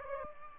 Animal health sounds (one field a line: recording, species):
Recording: mosquito wingbeat signal from an infrared sensor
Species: Aedes aegypti